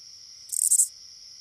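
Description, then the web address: Oblong-winged katydid song: a single short, raspy, high-pitched burst lasting under half a second, standing out against a steady high background hiss. North America. "Songs of Insects. Oblong-winged Katydid"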